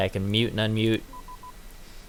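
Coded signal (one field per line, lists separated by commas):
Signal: none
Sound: app sound selection beeps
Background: speech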